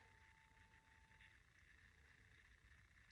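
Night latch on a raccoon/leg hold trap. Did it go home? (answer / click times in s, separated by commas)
no / none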